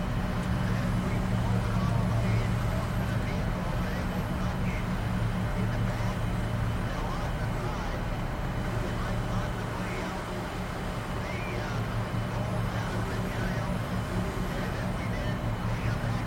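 Inside a shuttle cabin, a steady low engine hum and rumble fill the whole clip, with a constant drone near the bottom and a faint whine above. Soft voices murmur intermittently underneath, and the overall level stays even throughout.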